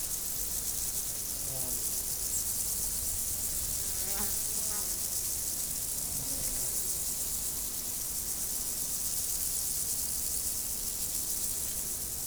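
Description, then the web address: High, hissing insect chirring that holds steadily throughout, with a few faint, brief sounds around the middle. Insects recorded in nature, 2014. "allathangok termeszetben rovarok professzionalis 2014"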